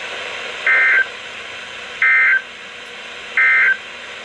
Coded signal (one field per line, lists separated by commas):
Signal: Emergency Alert System (SAME) tones